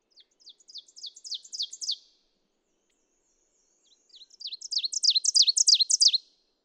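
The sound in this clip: Ovenbird giving two songs separated by a gap of about two seconds, each a fast sequence of bright repeated phrases gaining in volume.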